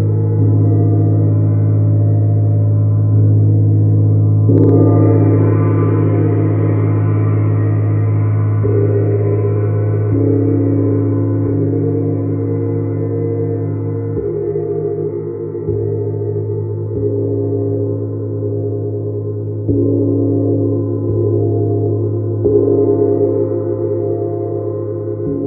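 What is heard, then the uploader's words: A large gong hums with a deep, sustained drone, swelling brighter near five seconds as new strikes layer shimmering overtones every few seconds. The soothing and transformative sounds of the Neptune Gong.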